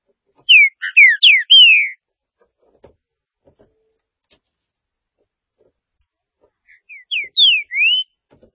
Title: Trinca Ferro